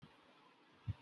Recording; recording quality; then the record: sustained vowel as in boot; poor, much background noise or distortion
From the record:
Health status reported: healthy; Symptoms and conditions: none ticked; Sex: male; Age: 37 years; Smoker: not ticked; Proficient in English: yes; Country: India